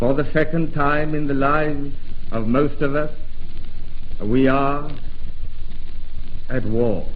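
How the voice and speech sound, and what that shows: Stammering in an adult man with a crippling, severe stammer, heard in an archival wartime radio speech telling the nation it is at war. His speech is slow and halting, with long silent pauses between words.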